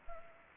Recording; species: mosquito wingbeat signal from an infrared sensor; Culex pipiens